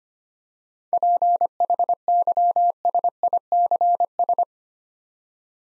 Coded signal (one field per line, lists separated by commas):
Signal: Morse code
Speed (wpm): 25 wpm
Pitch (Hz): 700 Hz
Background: none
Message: PHYSICS